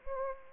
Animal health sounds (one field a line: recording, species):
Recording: mosquito wingbeat signal from an infrared sensor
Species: Anopheles arabiensis